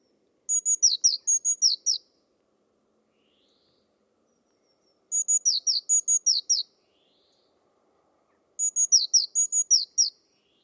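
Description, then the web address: Bird singing three phrases of high, quick chirps, each lasting about a second and a half and spaced about four seconds apart. "cianscape birddata Deverinetal 2025 File origin Bird Only Cy Ca"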